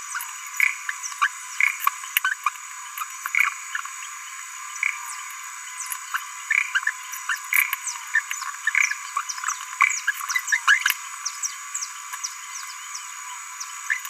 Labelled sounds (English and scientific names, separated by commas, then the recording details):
Green-rumped Parrotlet (Forpus passerinus) babbling
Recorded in a nest box in Venezuela
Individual 18B17A3